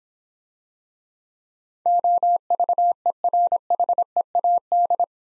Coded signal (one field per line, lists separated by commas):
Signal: Morse code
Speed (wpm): 26 wpm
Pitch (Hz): 700 Hz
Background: none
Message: OVERHEAD